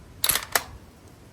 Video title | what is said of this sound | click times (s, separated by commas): Oswald Myths | open the bolt push in from the top press till it clicks | 0.2 s